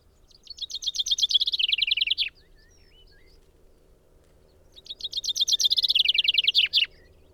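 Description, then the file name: Common chaffinch singing twice: each phrase is a cascading trill of sharp notes falling in pitch, finished by a downward flourish, with a few faint twitters between. "Fringilla coelebs"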